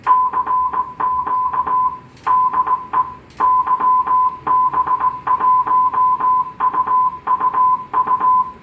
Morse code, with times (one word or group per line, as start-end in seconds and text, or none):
0.1-1.9 CQ
2.3-3.0 DE
3.4-8.4 YB1UUU